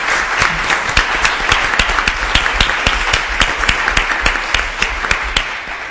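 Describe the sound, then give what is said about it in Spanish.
An audience in Crevillent breaks into sustained applause, a dense wash of clapping with a few sharper, regular claps standing out on top. It stays fairly loud and even throughout, with no voices. “Y van a dar muchos recuerdos a nuestra compañera Laura Falcó, que estará allí también y que echamos mucho de menos, y que la mandamos un aplauso desde aquí de Crevillent, también para que se anime.”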